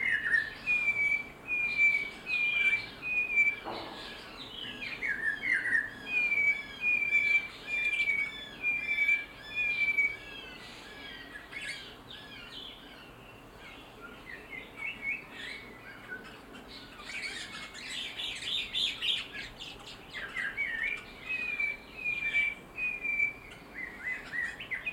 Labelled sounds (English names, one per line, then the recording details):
Snowy-crowned Robin-Chat
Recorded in captivity
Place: Zoo Berlin, Berlin, DE
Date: 1992-07-11 10:38
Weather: bedeckt, z.T. Regen, 17-22°C
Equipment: Marantz CP 430, Sennheiser ME 80, Kopie Tesla B 116
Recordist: Tembrock, Günter